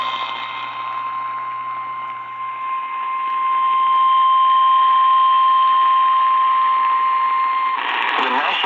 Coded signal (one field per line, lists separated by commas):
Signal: Emergency Alert System (SAME) tones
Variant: 1050 Hz attention tone